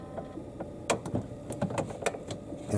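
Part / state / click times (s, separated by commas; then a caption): water filter cartridge in refrigerator filter housing / not seated / none. An old Frigidaire ULTRAWF water filter cartridge is pushed into its refrigerator filter housing to release it. A few brief, faint knocks and rattles are heard, the strongest near 0.9 s, over a low background hum. Nothing has clicked or released yet.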